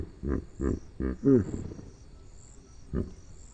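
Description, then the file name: Hippopotamus uttering four deep, pulsed grunting honks in quick succession, the last one falling in pitch, then a pause and one more grunt. Hippopotamus vocalisations. "Hippo Vocalisation Compilation"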